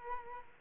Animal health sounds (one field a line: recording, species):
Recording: mosquito wingbeat signal from an infrared sensor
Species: Culex quinquefasciatus